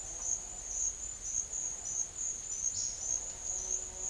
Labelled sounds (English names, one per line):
none